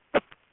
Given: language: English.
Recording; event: throat vibration sensor signal played as sound; cough